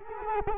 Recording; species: mosquito wingbeat signal from an infrared sensor; Culex quinquefasciatus